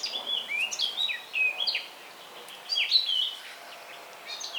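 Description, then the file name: Eurasian blackcap song, loud fluty whistles and quick warbled notes in a few bursts, sliding up and down. "Sylvia atricapilla"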